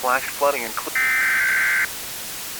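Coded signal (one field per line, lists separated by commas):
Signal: Emergency Alert System (SAME) tones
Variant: header bursts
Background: speech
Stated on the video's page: Fictional EAS scenario of a tornado.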